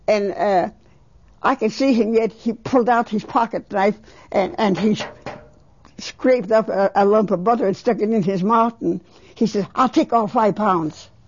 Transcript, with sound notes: and I could see him. He pulled out his pocket knife and he (Taps on something) scraped up a lump of butter, stuck it in his mouth, and he says, "I'll take all five pounds ."